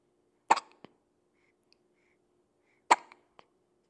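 A baby hiccups twice, each hiccup a sharp, brief burst with softer clicks just after, about two and a half seconds apart.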